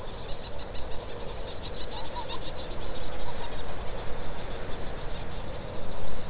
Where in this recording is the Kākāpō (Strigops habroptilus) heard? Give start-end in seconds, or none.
none